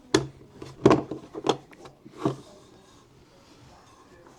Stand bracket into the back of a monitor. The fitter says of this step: Simply lift, snap into place by simply aligning the hole and locking in by a press.